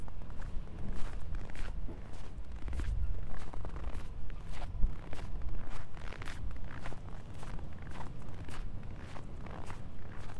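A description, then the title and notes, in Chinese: Hard-soled shoes tread on snow, each step a crisp crunching burst that reaches up into the highs. The footsteps come steadily, roughly two per second, over a constant low rumble that fills the background throughout. 雪的声音。在某个暴雪的夜晚，路上车辆不多行人稀疏，我在街上走着，硬底的鞋踩在雪上发出各种声音。台阶、冰面、大理石、柏油路、水泥路以及木栈道作为承载；硬底鞋作为敲打；厚雪、薄雪、被行人脚底压实的雪、被铲雪机滚成条状的雪作为连接。哈尔滨。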